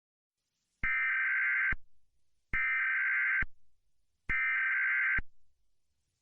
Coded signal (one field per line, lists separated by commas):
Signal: Emergency Alert System (SAME) tones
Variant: header bursts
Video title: EAS Scenario break in (BETTER)